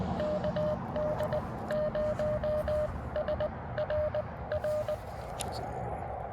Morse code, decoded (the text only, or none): KD0SRR